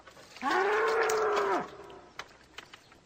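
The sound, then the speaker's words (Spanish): A single loud, drawn-out moo from a bull, about a second long, holding a steady low tone before dipping at the end, followed by a few faint clicks. “No tenemos vacas. Tenemos un toro.”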